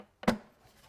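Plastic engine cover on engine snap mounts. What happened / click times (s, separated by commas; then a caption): The plastic cover popped off its snap mounts / 0.2 s, 0.3 s. A plastic engine cover on a 2015 Chevy Trax is pulled straight up off its snap-in mounts. Two quick pops sound at 0.2 s and 0.3 s, the second louder, and then it goes quiet. The cover comes free, released from its snap mounts.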